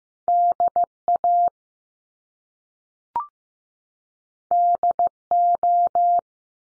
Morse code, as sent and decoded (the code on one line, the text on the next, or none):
-.. / .- / -.. / ---
D A D O